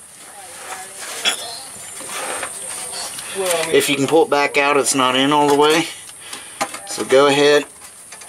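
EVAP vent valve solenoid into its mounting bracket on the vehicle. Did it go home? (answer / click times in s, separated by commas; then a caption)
no / none. An EVAP vent valve solenoid is being handled at its mounting bracket on a 2003 Chevy Suburban LT 1500 truck, about to be shoved into its mount. Someone talks throughout over low background noise. Nothing has seated or clicked yet.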